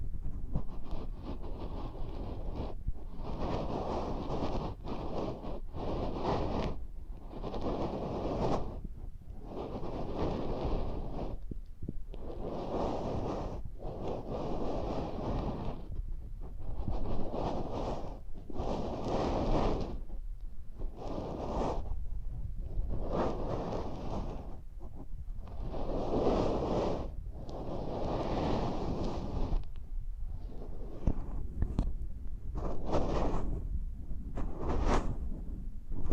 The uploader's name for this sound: ASMR Intimate Eardrum Massage